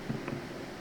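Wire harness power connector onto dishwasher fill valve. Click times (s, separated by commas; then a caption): 0.3 s. A small wire harness power connector is plugged back onto a new fill valve of a KitchenAid dishwasher that wasn't cleaning, and pushed all the way in until it clicks into position. A short, sharp click is heard at 0.3 s over a low, steady background hum, with a softer thump just before it at about 0.1 s. The connector is seated.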